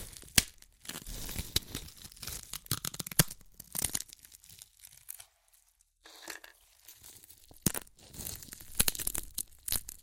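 Crunchy chips being crushed and eaten, with sharp crackling bursts and crinkling coming in uneven clusters. The crunching is dense early on, thins to near quiet around the sixth second with a soft rustle, then picks up again in busy bursts toward the end.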